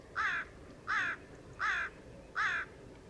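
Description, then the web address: Bird cawing four times in a steady rhythm, each call rough and nasal, roughly three-quarters of a second apart, with little else audible. "Bird Only"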